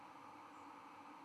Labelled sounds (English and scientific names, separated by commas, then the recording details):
White-throated Sparrow (Zonotrichia albicollis) flight call
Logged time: 01:52 on 11 November 2014